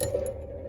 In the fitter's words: pops up and now it's open